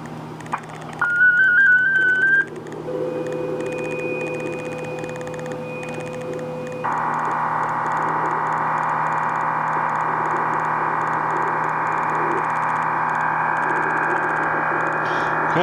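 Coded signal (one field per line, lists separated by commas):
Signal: MT63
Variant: MT63-2000 long interleave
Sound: short wavering tone, pause, then steady dense wide-band whooshing data hiss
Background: low hum, radio noise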